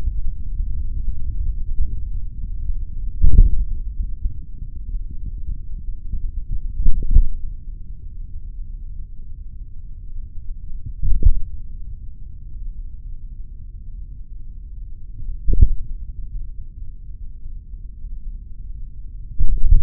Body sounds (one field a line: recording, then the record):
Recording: forearm muscle sounds (acoustic myography)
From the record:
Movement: tripod grip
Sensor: system 3, bracelet of six PUI Audio POM-2738L microphones around the upper forearm, with dedicated amplification and filtering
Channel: 1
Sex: male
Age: 56 years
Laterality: right